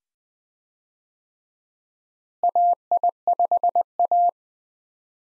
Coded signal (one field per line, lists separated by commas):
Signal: Morse code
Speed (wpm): 20 wpm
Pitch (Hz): 700 Hz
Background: none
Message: AI5A